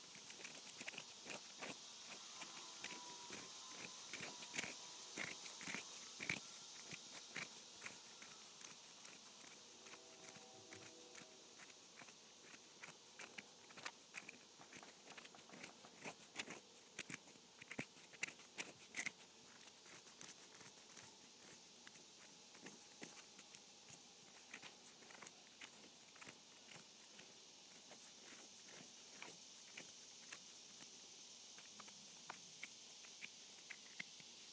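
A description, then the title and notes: Hands are scratched in a steady, dense run of quick dry scrapes and ticks, with a bright hissy edge throughout. Sharper, louder strokes stand out in the first half, especially around five to seven seconds. A few faint tones surface briefly near ten seconds. Scratching my Hands.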